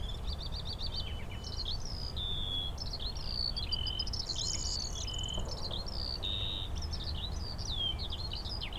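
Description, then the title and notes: Eurasian skylark song, a continuous stream of fast, high chirps and trills with a steady low rumble underneath. Skylarks singing in fields by St. Isidore's wayside shrine, Sosna Góra, Siemianowice Śląskie, Poland; Saturday 18 May 2019; insects buzzing; Zoom H5, Audio-Technica BP4025. "Siemianowice Śląskie, Polska - skowronek przy kapliczce św. Izydora. Sobota, 18 maja 2019. Wśród pól znajduje się kapliczka świętego Izydora na Sosnej Górze. W polu śpiewają skowronki i brzęczą owady"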